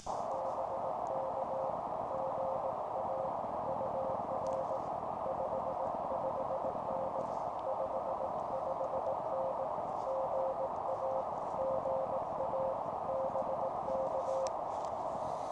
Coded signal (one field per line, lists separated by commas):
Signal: Morse code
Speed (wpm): 18 wpm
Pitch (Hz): 530 Hz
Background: none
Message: BK GA UR 55N 55N GA GA BK